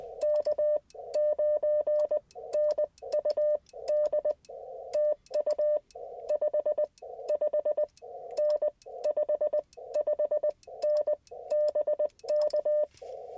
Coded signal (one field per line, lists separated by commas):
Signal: Morse code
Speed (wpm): 20 wpm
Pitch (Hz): 600 Hz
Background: none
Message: K9NUD TU 55N 55N BK